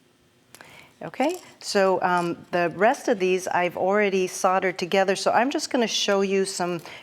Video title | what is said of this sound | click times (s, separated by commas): Beads, Baubles & Jewels | So I'm going to, front to back and you'll hear a little click if you've got it close enough. | 0.5 s